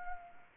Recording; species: mosquito wingbeat signal from an infrared sensor; Anopheles arabiensis